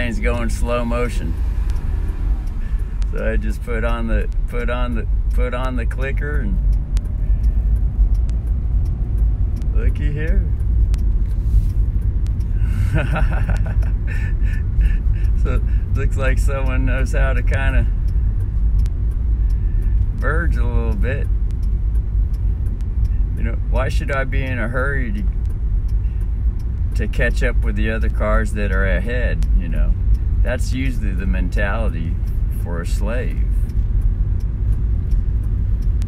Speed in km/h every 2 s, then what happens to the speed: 9, 8, 8, 13, 14, 15, 15, 15, 16, 15, 15, 15, 13, 13, 13, 14, 16, 15.
4-11 speeds up to 15. 11-36 steady at about 15.